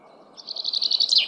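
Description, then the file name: Common chaffinch song fragment: a brief run of quick, high chipping notes that grows louder, with a sharp downslurred note near the end. "Fringilla coelebs"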